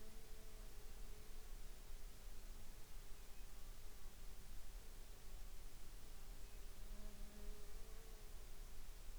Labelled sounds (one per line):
insects